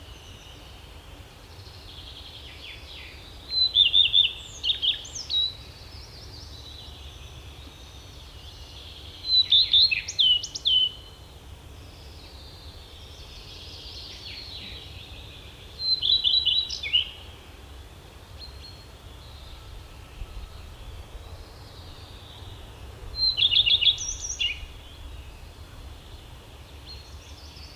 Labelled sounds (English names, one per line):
Common Redstart song